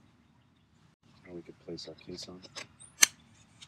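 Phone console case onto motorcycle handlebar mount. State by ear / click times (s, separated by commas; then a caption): seated / 3.0 s. A Tigra Sport BikeConsole Power Plus phone console case for an iPhone 5 is placed onto its motorcycle handlebar mount while someone talks. A single sharp snap is heard at 3.0 s as the case locks in place on the mount, before the screw is tightened so it won't fly off the bike.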